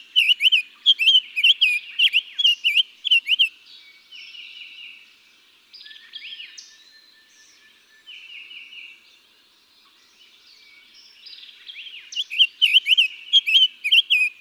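Summer tanager giving two bursts of hurried, warbled whistles, one at each end, with softer background birdsong and a long thin note in the middle.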